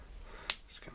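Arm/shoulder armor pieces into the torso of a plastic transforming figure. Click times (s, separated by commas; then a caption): 0.5 s. The arm and shoulder armor pieces of a plastic Transformers figure are flipped down and rotated up into the torso during transformation. One sharp snap is heard at 0.5 s as the pieces lock into place at the top. The armor is seated.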